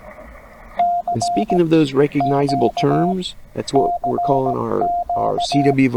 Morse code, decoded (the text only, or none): C Q CQ